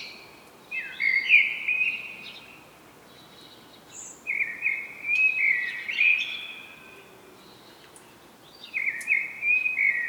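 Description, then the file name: Common blackbird song: three phrases of mellow warbled notes with higher squeaky twitters, separated by short pauses. "Turdus merula"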